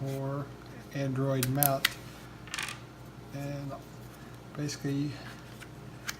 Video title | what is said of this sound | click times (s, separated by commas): DJI Osmo Pocket Expansion Kit Test and Review | into place right there kind of locks into place then you close it there | 6.1 s